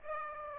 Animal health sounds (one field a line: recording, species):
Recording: mosquito wingbeat signal from an infrared sensor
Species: Aedes aegypti